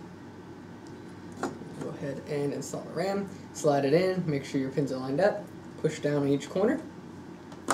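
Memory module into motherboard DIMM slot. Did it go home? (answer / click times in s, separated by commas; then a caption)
yes / 7.7 s. A memory module is slid into a blue DIMM slot on a motherboard and pressed down at each corner while someone talks. A short, sharp click at 7.7 s marks the retention clips snapping shut as the module seats.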